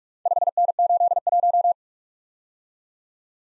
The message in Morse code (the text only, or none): 5N81